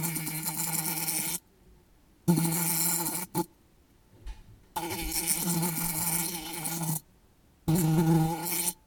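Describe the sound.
Bluebottle fly buzzing in four long bursts separated by short silences, a low droning hum with rich overtones that starts and stops abruptly.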